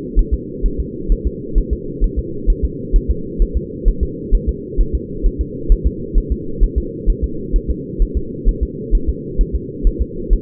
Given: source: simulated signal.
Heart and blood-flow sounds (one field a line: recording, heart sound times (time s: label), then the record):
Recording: fetal heart sounds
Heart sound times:
0.19 s: S1
0.34 s: S2
0.66 s: S1
0.80 s: S2
1.12 s: S1
1.27 s: S2
1.58 s: S1
1.73 s: S2
2.04 s: S1
2.19 s: S2
2.50 s: S1
2.64 s: S2
2.96 s: S1
3.10 s: S2
3.42 s: S1
3.57 s: S2
3.88 s: S1
4.03 s: S2
4.34 s: S1
4.49 s: S2
4.80 s: S1
4.95 s: S2
5.26 s: S1
5.41 s: S2
5.72 s: S1
5.87 s: S2
6.18 s: S1
6.32 s: S2
6.63 s: S1
6.78 s: S2
7.10 s: S1
7.24 s: S2
7.56 s: S1
7.70 s: S2
8.02 s: S1
8.17 s: S2
8.49 s: S1
8.63 s: S2
8.95 s: S1
9.09 s: S2
9.41 s: S1
9.55 s: S2
9.87 s: S1
10.02 s: S2
10.33 s: S1
From the record:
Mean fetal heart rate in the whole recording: 130 bpm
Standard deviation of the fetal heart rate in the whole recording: 2 bpm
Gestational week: 38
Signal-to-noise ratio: -4.3 dB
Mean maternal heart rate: 72 bpm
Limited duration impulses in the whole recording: absent